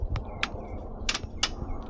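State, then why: Seated. With the door panel reassembled after a window regulator replacement on a 2004 VW Touareg (the same job applies to a Porsche Cayenne), the driver-side rear door latch and handle mechanism is pushed in until it seats. After faint ticks near 0.2 and 0.4 s, two sharp clicks land at 1.1 s and 1.4 s as the mechanism clicks into place. With both clicks made, the outside door handle opens the door; when the second click had been missed earlier, the mechanism got jammed.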